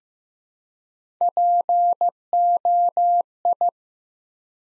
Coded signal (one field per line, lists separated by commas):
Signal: Morse code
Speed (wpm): 15 wpm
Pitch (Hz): 700 Hz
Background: none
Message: POI